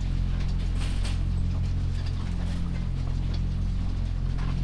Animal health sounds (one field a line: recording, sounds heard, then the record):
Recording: poultry house recording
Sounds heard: sick chickens (respiratory disease)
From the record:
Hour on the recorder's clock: 1